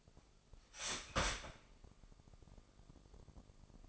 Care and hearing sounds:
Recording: daily activity, microphone in the room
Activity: start toaster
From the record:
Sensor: 5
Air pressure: 995.4 hPa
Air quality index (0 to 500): 104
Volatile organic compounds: 7 ppm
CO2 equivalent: 2002 ppm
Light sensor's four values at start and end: 35/83/34/34 and 35/83/34/34

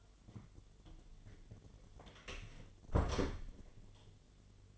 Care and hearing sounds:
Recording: daily activity, microphone in the room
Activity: close door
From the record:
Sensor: 4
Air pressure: 1008.0 hPa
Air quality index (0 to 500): 184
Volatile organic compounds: 5 ppm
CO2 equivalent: 1834 ppm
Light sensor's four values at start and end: 23/72/27/26 and 24/77/29/28

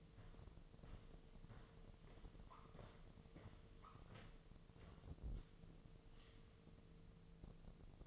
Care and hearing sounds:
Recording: daily activity, microphone in the room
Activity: walk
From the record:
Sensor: 4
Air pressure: 1006.3 hPa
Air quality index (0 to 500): 85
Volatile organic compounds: 2 ppm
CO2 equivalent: 1056 ppm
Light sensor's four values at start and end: 12/27/11/10 and 12/27/11/10

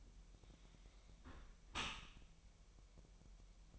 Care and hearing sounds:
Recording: daily activity, microphone in the room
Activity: close dishwasher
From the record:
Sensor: 1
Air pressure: 1000.6 hPa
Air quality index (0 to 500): 247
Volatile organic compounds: 141 ppm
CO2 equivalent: 3982 ppm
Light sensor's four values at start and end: 11/28/11/12 and 11/28/11/12

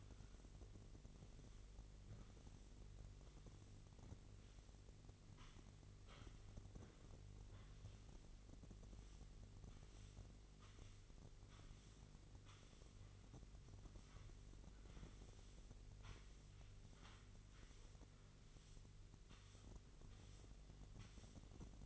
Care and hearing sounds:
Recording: daily activity, microphone in the room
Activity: sweep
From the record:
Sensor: 4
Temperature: 27.9 degrees Celsius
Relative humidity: 34.3%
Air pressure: 1002.4 hPa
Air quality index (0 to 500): 216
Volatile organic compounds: 12 ppm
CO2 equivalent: 2330 ppm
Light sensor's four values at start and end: 20/69/25/25 and 20/69/25/25

